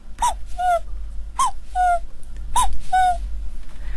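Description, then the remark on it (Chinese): A voice mimics the call of a young, smaller cuckoo, the sound made deep in the throat: three repeated two-note phrases, a higher breathy note dropping to a lower one, evenly spaced and clear over a low steady hum, with no talking. “对，也有布谷鸟，布谷鸟就是它这个声音都是不一样的，因为这个年轻的布谷鸟这个叫法和这个老的布谷鸟都是不一样的。”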